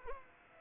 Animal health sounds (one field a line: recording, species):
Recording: mosquito wingbeat signal from an infrared sensor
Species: Anopheles arabiensis